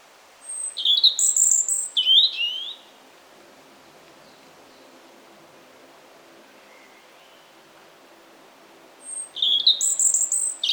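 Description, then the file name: European robin delivering two short sparkling phrases of high slurred notes, then about six seconds of quiet before another bright, tumbling phrase. "Erithacus rubecula"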